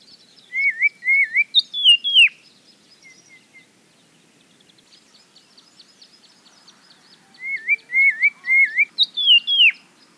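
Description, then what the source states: Grey tit song: a few wavering whistled notes followed by high downslurred notes, the phrase given twice. Recorded near Cape Town, South Africa.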